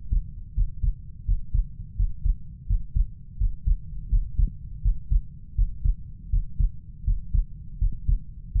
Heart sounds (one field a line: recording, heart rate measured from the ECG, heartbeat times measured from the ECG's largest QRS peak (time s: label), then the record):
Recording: heart sounds by stethoscope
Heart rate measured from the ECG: 83 bpm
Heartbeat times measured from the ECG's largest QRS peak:
0.56 s: heartbeat
1.27 s: heartbeat
1.98 s: heartbeat
2.68 s: heartbeat
3.39 s: heartbeat
4.11 s: heartbeat
4.84 s: heartbeat
5.57 s: heartbeat
6.32 s: heartbeat
7.06 s: heartbeat
7.80 s: heartbeat
8.54 s: heartbeat
From the record:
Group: healthy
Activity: Valsalva maneuver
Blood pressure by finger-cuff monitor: 144/91 mmHg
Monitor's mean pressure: 107 mmHg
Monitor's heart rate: 83 bpm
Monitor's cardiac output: 6.3 L/min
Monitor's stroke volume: 76 mL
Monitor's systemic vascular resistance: 1240 dyn s/cm5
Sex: male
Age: 21 years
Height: 175 cm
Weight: 72.6 kg